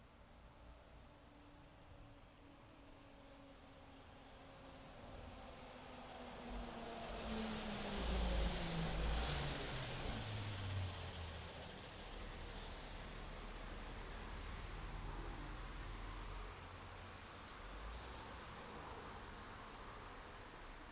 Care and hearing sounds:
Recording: everyday scene through a hearing-aid microphone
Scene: in traffic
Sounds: traffic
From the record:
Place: city secondary road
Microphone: in the ear canal, right

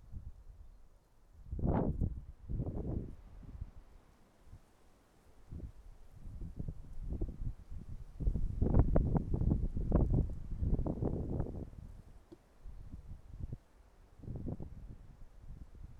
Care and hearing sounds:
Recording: everyday scene through a hearing-aid microphone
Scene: wind on the microphone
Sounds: wind, traffic, birds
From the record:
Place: suburban garden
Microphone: behind the ear, right, front

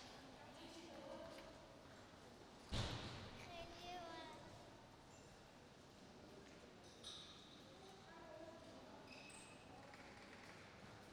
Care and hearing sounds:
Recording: everyday scene through a hearing-aid microphone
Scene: reverberant space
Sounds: background noise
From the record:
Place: railway station hall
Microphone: in the ear canal, right

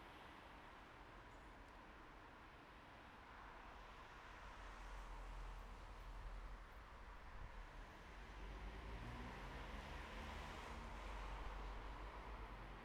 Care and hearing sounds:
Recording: everyday scene through a hearing-aid microphone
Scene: in traffic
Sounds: traffic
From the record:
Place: bus stop on a city main road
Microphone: behind the ear, right, rear

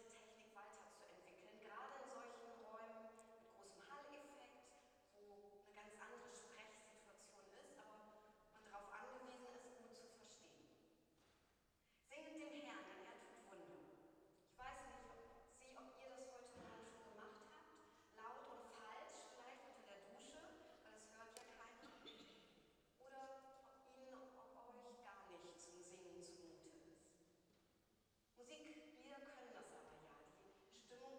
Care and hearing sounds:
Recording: everyday scene through a hearing-aid microphone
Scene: reverberant space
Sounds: speech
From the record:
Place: church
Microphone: in the ear canal, right

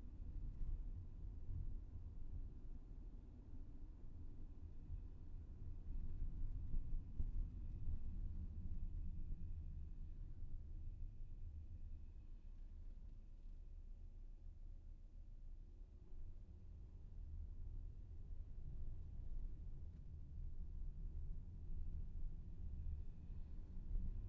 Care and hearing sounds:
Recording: everyday scene through a hearing-aid microphone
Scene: in a vehicle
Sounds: engine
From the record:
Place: VW T5 Caravelle, diesel engine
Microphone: behind the ear, left, front

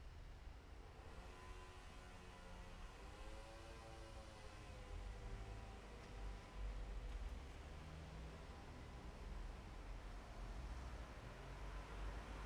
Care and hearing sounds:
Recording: everyday scene through a hearing-aid microphone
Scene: in traffic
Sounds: traffic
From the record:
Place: bus stop on a city main road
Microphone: behind the ear, left, rear

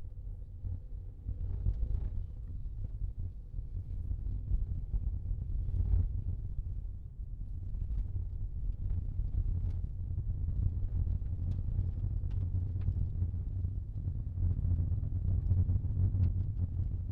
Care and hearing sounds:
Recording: everyday scene through a hearing-aid microphone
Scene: in a vehicle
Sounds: engine, rumble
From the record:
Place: Skoda Fabia, gasoline engine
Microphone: in the ear canal, left

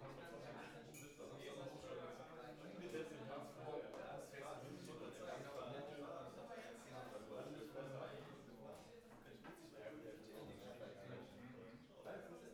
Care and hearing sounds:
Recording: everyday scene through a hearing-aid microphone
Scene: many people talking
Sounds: many voices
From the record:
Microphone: behind the ear, left, front

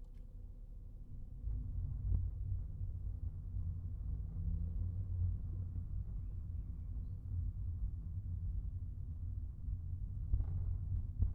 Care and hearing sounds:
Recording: everyday scene through a hearing-aid microphone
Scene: in a vehicle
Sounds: engine, rumble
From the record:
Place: Skoda Fabia, gasoline engine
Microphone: behind the ear, right, front

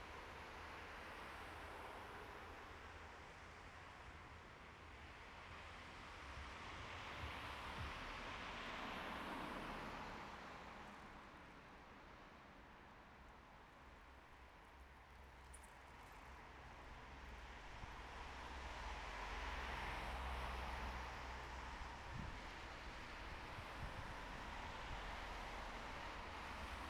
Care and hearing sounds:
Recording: everyday scene through a hearing-aid microphone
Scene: in traffic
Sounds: traffic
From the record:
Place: bus stop on a city main road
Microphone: behind the ear, right, front

